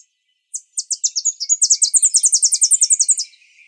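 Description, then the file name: Tennessee Warbler song: a rapid series of many very high, sharp chip notes, delivered quickly and steadily for nearly three seconds before stopping abruptly. Coded TEWA, dated 050107. "TEWA 1 B deviche"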